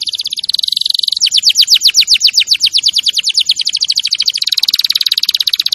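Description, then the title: Canary song of steady buzzy notes broken by a fast run of descending sweeps, then a quicker rattling trill and a high buzzy tone. Champion canary song used as a master recording for training other birds. "Masteran Kenari Juara"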